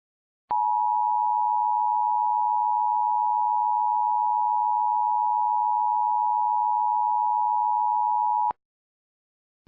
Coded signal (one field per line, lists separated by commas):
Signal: Emergency Alert System (SAME) tones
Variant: 853 and 960 Hz attention tone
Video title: EAS Mock Flash Flood Emergency for Clayton County, IA 7/11/17